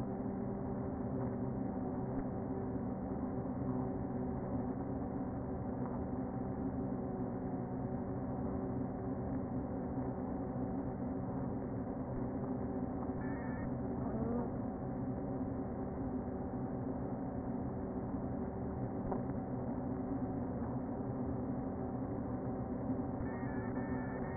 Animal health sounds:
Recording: honeybee colony, microphone inside the hive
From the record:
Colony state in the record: queen present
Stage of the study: before two queens were removed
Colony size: about 60,000 bees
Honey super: yes

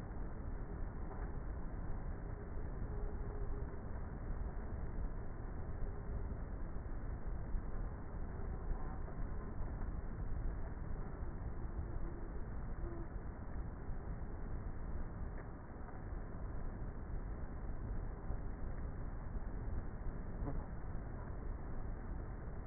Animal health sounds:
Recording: honeybee colony, microphone inside the hive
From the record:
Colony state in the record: queenless with a low population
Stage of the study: before two queens were removed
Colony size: about 30,000 bees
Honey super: no

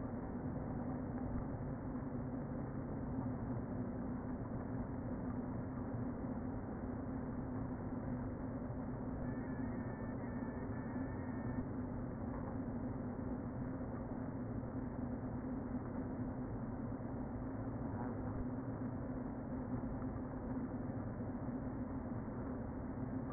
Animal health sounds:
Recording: honeybee colony, microphone inside the hive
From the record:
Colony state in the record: queen present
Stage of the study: before two queens were removed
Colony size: about 60,000 bees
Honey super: yes

